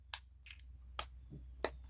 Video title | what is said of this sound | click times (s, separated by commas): Unicorn Gundam Pt. 3 (Leg) | you want to click i don't think i heard it click though | none